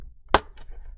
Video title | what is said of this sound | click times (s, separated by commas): Must Watch Macbook Screen Replacement A1708 A1706 | based on the laptop and going to go pop | 0.3 s